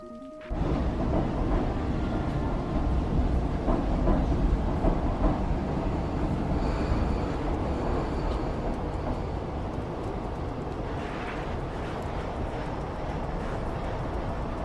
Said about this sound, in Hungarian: Minden esetre elindítottuk a metrót. Iránya, fogalmam sincs, hova megyünk.